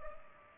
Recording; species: mosquito wingbeat signal from an infrared sensor; Culex pipiens